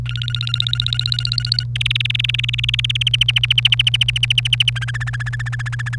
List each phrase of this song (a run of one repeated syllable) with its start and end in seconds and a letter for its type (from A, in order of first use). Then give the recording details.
0.06-1.64 A, 1.76-3.09 B, 3.13-4.70 C, 4.75-5.95 D. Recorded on 1 May 2018 at 10:10. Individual llb3